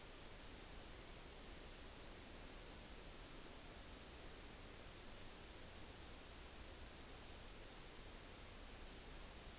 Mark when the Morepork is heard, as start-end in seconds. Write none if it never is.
none